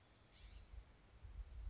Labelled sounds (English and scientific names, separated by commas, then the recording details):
California Scrub-Jay (Aphelocoma californica)
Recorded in Sonoma County, California